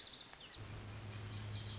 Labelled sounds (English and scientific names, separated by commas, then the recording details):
Lazuli Bunting (Passerina amoena)
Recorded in Sonoma County, California